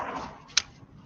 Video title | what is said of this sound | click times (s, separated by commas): July 15 at the KC Org, Human Rights Open House | base finally snapped in place but it need a little persuasion | 0.6 s